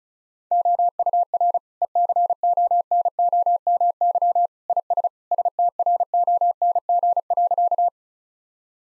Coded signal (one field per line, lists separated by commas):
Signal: Morse code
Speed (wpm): 36 wpm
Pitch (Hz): 700 Hz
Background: none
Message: OUR ECONOMY IS STRONG.